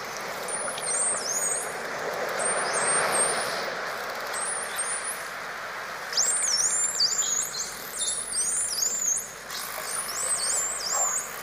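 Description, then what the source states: Dolphin whistles: several quick rising and falling high tones, a few early and then a dense overlapping burst in the second half, with constant underwater hiss. Underwater dolphin sounds, dolphins communicating with each other.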